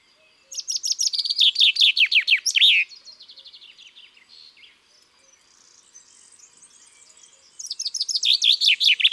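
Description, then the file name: Common chaffinch sings a bright, descending song ending in a flourish, then after a quieter spell of faint twittering begins another song. Garden bird. "Pinson des arbres"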